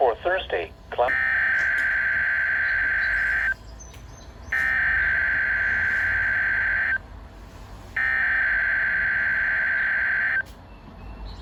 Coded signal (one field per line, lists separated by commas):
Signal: Emergency Alert System (SAME) tones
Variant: header bursts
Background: speech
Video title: EAS 431 RWT